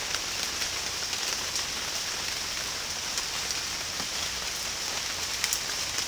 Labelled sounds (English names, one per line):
none